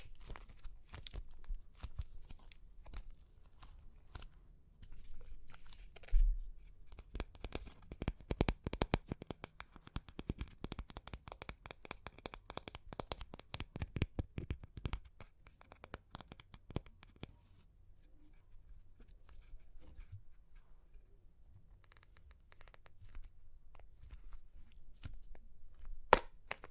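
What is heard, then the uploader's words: Crunchy clay cracks and crumbles in dense bursts of sharp, brittle snaps, busiest and loudest from about 7 to 15 seconds. The crackling thins into sparser clicks and pauses after 17 seconds, then builds again near the end with a final hard crack around 26 seconds. Super Crunchy Clay Cracking (No Talking).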